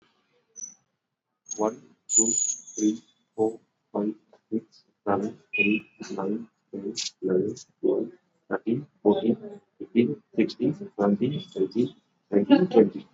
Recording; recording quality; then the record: counting at a normal pace; excellent, no background noise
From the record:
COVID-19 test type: RT-PCR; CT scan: not taken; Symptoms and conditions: cough, cold, fever, muscle pain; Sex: male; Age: 32 years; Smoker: yes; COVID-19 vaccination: both doses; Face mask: worn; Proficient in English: yes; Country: India